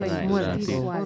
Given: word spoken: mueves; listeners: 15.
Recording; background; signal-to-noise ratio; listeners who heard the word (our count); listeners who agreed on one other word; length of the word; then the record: one Spanish word in noise, from a listening test; four-talker babble; -0.2 dB; 2 of 15; 6 of 15; 0.66 s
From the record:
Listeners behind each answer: 6, 2, 2, 1, 1, 1, 1, 1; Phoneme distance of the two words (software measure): 7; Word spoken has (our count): 2 syllables, 6 phonemes, stress on syllable 1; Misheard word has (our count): 2 syllables, 7 phonemes, stress on syllable 1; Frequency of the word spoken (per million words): 0.68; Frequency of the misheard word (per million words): 22.71